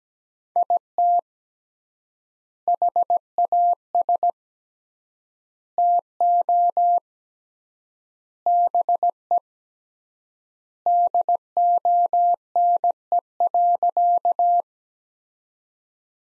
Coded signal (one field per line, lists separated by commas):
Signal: Morse code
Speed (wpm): 17 wpm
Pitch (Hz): 700 Hz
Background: none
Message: IT HAS TO BE DONE.